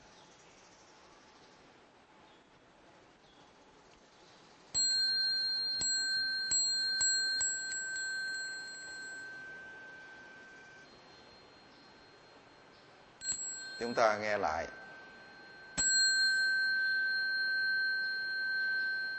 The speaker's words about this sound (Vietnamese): Thì vừa đứng dậy rồi á, chúng ta xá theo cái tiếng chuông, chúng ta nghe tiếng khánh thì chúng ta lại xuống.